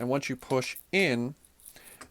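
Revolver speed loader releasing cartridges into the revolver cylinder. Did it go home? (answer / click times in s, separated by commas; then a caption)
released / 1.7 s, 2.0 s. Someone talks while a push-button revolver speed loader is lined up with the revolver cylinder and pushed in. Its internal latch snaps open with short clicks at about 1.7 s and 2.0 s, releasing the cartridges into the cylinder's chambers.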